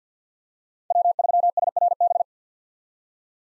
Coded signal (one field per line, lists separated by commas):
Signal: Morse code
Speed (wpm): 50 wpm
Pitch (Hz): 700 Hz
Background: none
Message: W3SRB